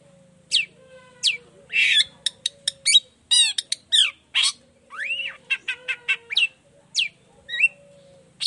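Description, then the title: Long-tailed shrike song: a varied mix of harsh buzzes, clicks and upward-slurred whistles, with a faint steady hum beneath. Energetic morning song with varied 'toet toet' notes, played as a lure to prompt other long-tailed shrikes of any type to reply and open their beaks. "Cendet Gacor Dor Di Kala Pagi Toet Toet Variasi Suara. Cendet Gacor Efektif Pancingan Buat Cendet Jenis Apapun Agar Cepat Nyaut Buka Paruh"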